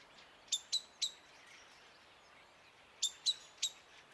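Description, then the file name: Common blackbird sharp calls, a quick group of three short clicking notes, a pause of about two seconds, then three more, over faint steady background hiss. "Turdus merula"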